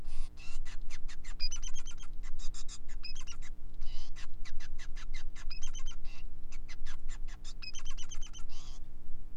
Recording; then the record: song of a male Bengalese finch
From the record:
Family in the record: son of father 5